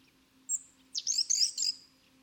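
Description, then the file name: European robin song fragment: a very high thin whistle, then a short burst of jumbled high twittering notes over a steady low hum. "Erithacus rubecula"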